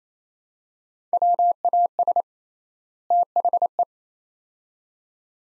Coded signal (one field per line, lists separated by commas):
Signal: Morse code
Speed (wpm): 28 wpm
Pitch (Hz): 700 Hz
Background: none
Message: WAS THE